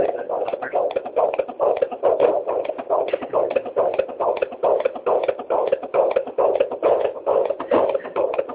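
Rapid, regular whooshing pulses at about 140 a minute: a normal fetal heartbeat on Doppler at 21 weeks of pregnancy.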